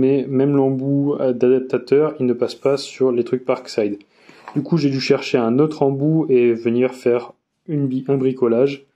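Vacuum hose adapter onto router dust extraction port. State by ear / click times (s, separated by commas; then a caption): not seated / none. A makeshift DIY adapter end fitting on a vacuum hose is handled at the plastic dust extraction port of a Parkside POF 1200 D3 router, because the original adapter end would not fit the Parkside port. Someone talks throughout, with a brief pause near 4 seconds and another near 7.5 seconds. Nothing has seated or clicked yet.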